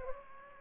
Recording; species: mosquito wingbeat signal from an infrared sensor; Aedes aegypti